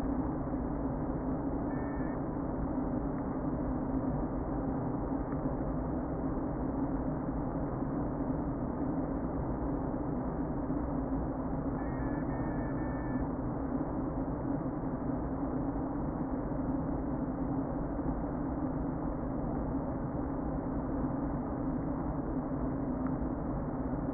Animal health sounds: honeybee colony, microphone inside the hive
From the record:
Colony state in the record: queen present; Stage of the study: before two queens were removed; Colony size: about 60,000 bees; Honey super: yes

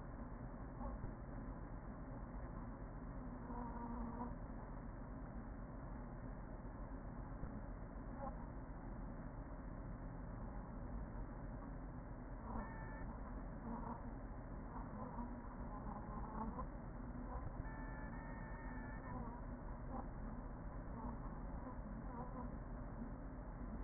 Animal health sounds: honeybee colony, microphone inside the hive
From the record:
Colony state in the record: queen present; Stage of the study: after two queens were removed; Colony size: about 40,000 bees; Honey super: no

